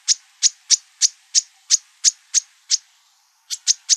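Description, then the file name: Bewick's wren giving sharp, clipped call notes in a rapid steady series, about three per second, then a brief pause and three more. Calls recorded in Arizona on 24 March 2002. "BEWR CALLS 1 deviche"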